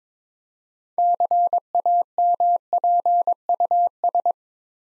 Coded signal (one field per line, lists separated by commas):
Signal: Morse code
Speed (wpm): 22 wpm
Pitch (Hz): 700 Hz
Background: none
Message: CAMPUS